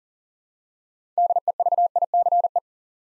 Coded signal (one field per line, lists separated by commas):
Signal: Morse code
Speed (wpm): 42 wpm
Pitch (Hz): 700 Hz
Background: none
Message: DEVICE